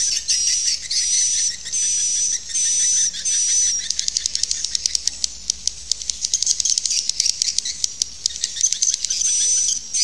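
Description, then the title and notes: Swiftlet calls: a few buzzy whistled chirps in the opening seconds, then a rapid crackling twitter of short clicks, ending with whistled chirps. Used in swiftlet farming in Asia. "Swiflet Bird Sound. Farming Swiflet Bird asia sound"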